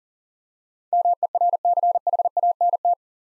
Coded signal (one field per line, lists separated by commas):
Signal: Morse code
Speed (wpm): 40 wpm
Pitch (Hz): 700 Hz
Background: none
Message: MERCHANT